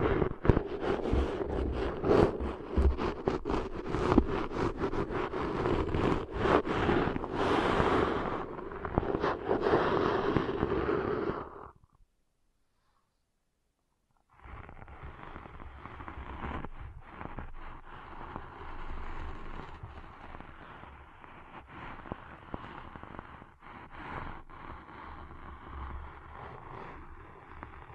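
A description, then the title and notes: Close, intense ear-cleaning sounds: dense crackling, scraping and rustling right at the ear, with sharp pops scattered throughout. The first twelve seconds are loud and bright, then silence falls for about two seconds before a slightly softer, duller stretch of scratching resumes. ASMR Deep 3D Ear Cleaning Intense & Realistic (No Talking).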